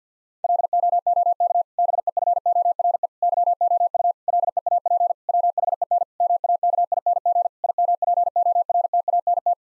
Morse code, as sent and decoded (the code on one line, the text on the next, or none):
.-.. --- --- -.- / -... . ..-. --- .-. . / -.-- --- ..- / .-.. . .- .--. / .-- .... . -. / -- .- -.- .. -. --. / .. -- .--. --- .-. - .- -. -
LOOK BEFORE YOU LEAP WHEN MAKING IMPORTANT